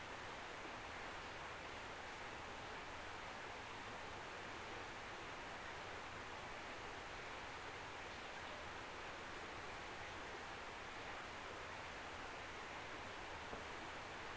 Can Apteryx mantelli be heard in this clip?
no